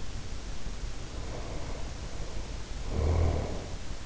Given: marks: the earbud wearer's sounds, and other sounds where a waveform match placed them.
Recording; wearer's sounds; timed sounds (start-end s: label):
sounds in sleep by an in-ear microphone; snoring breath
1.07-3.87 s: snoring breath